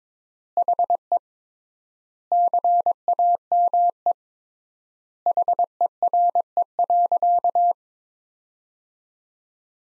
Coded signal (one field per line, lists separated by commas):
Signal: Morse code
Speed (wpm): 22 wpm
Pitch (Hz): 700 Hz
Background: none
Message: HE CAME HERE.